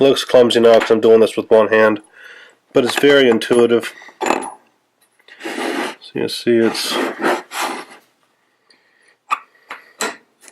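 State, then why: Seated. Someone talks while fitting the blade and lever-cap assembly into a metal hand plane body with one hand, with some rubbing and scraping handling sounds. After a few light taps, the assembly snaps home with a sharp click at 10.0 seconds, seating in place.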